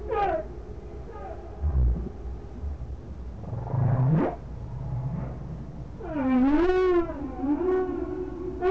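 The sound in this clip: Whale calls: low rumbles and grunts, a sharp rising sweep near four seconds, then a long wavering harmonic tone that rises and falls over the last three seconds.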